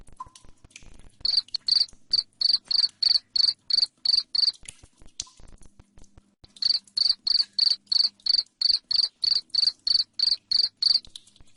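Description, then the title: Cricket chirping in two long bursts of rapid, shrill, evenly spaced pulses, separated by a short break with faint clicks. Loud cricket chirping played to make lovebirds sing continuously. "Suara JANGKRIK NGERIK Keras Bikin LOVEBIRD Jadi NGEKEK Terus Vubey"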